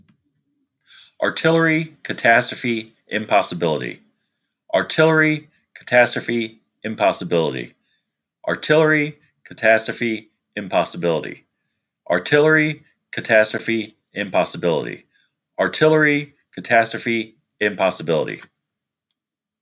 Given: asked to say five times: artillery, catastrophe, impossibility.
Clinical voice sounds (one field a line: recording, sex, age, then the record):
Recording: three words, each repeated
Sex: male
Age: 40 to 49 years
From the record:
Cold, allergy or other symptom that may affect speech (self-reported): no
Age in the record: 41 years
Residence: Maryland, United States